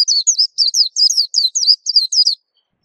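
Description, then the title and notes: White-eye song: a rapid run of high, thin, warbling twitters, each note sliding downward, delivered in quick clusters for about two and a half seconds. Local name pleci; described as a long, melodious song. "Kicau Burung Pleci ampuh. suara burung pleci merdu panjan"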